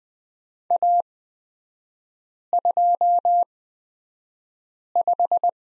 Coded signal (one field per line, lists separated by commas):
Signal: Morse code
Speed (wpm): 20 wpm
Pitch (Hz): 700 Hz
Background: none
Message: A25